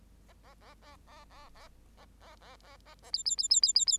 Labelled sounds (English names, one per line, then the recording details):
Bengalese Finch song
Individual Bird8